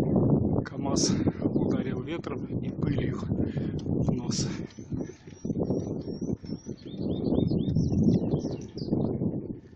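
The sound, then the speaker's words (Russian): High, thin birdsong of quick repeated chirps and trills runs through the second half over a field, partly buried under a steady rumble and a person's voice. “Проезжая поле, мы слышим других птиц.”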